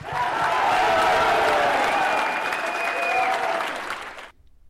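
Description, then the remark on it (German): A large crowd at a National Policy Institute congress, in a hall filled with men in suits, breaks into loud, dense applause after the opening words "Hail Trump! Hail our people! Hail victory!". It keeps up steadily for several seconds, with faint shouts and a thin whistle-like tone over it, before cutting off abruptly. “Dem Heil Trump folgt tobender Applaus und Leute strecken den Arm zum Hitlergruß, in einem Saal gefüllt mit weißen Männern in Anzügen.”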